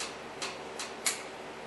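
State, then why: Seated. On a 1998 Honda Civic, the cable housing end piece of a new hood release cable is pushed fully into its plastic mount at the release handle. A few small handling ticks come first, then a sharp, louder snap at 1.1 s as the housing seats in place.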